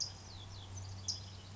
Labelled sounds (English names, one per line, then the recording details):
California Towhee
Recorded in Sonoma County, California